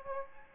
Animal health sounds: mosquito wingbeat signal from an infrared sensor; Aedes albopictus

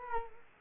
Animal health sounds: mosquito wingbeat signal from an infrared sensor; Culex quinquefasciatus

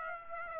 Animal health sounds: mosquito wingbeat signal from an infrared sensor; Aedes aegypti

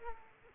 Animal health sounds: mosquito wingbeat signal from an infrared sensor; Aedes aegypti

